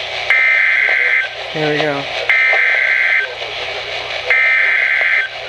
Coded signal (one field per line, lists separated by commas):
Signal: Emergency Alert System (SAME) tones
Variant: header bursts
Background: speech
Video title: 2 Same Severe T-Storm Warnings (EAS #1,171-1,172)